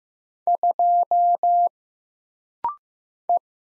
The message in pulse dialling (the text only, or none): none